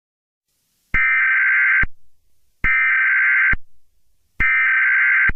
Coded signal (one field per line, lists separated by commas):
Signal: Emergency Alert System (SAME) tones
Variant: header bursts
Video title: EAS Scenario #14: Zombie Spinosaurus (Very Late Halloween Special)